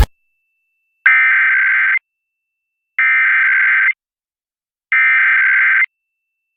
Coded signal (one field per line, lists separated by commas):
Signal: Emergency Alert System (SAME) tones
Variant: header bursts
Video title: The New WDSE-FM (PBS) Duluth, Minnesota Tests the Emergency Alert System (KUMD-FM)